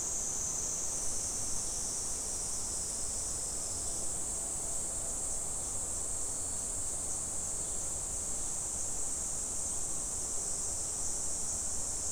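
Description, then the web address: Cicada call: a continuous, steady, high-pitched buzzing drone that holds unchanged throughout, over a low rumbling background noise. Recorded 19 July 2011. "nagahata fukudai cicada 110719 cicada 0719"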